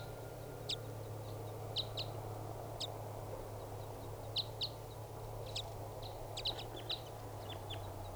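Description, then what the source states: Red Crossbill calls, brief high chips, single or in quick pairs and clusters, scattered throughout over a constant low hum. Wild juvenile type 5 bird that had just escaped capture and was coming back.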